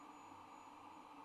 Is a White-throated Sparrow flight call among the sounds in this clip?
no